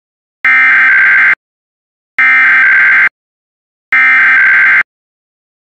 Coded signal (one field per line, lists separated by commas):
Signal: Emergency Alert System (SAME) tones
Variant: header bursts